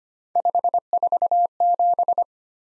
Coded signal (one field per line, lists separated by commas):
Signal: Morse code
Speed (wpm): 25 wpm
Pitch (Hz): 700 Hz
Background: none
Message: 547